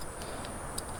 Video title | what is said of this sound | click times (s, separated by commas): Installing LED Turn Signal Bulbs on Craig's M3 - Unique Style Racing | and go counterclockwise, opposite of what you think, until it clicks. | 0.8 s